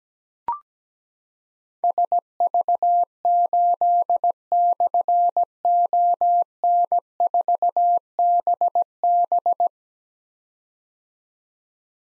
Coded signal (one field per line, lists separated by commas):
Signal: Morse code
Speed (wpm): 17 wpm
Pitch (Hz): 700 Hz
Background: none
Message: SV8/ON4BB